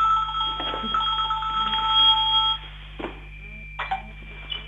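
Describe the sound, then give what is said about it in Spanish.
A phone rings with an incoming call, a steady electronic tone sustained for a couple of seconds before cutting off, followed by faint clicks and low hum. “Perdonen que hubo un llamado y alejo el teléfono.”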